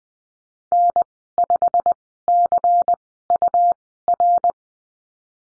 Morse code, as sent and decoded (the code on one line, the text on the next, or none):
-. / ..... / -.-. / ..- / .-.
N 5 C U R